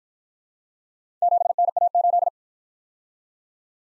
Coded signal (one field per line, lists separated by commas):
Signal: Morse code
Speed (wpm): 51 wpm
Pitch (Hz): 700 Hz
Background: none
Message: 7NA8